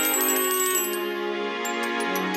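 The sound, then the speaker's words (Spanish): A tinkling little bell shimmers with sustained, ringing tones, and bright, quick high chimes sparkle in toward the end. No one speaks. It is the sound of the little fairy Tinker Bell (Campanilla) moving in a Peter Pan story. “Cada vez que aquella pequeña hada se agitaba, un dulce sonido a Campanilla salía de su cuerpo.”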